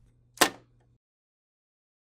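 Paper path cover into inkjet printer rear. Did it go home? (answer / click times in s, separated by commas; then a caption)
yes / 0.4 s. A plastic paper path cover is reinserted into the rear of an HP OfficeJet Pro 6900 inkjet printer after its rollers are cleaned. Over a low hum, it snaps into place with one sharp, bright hit at 0.4 s, followed by near silence. The cover is seated.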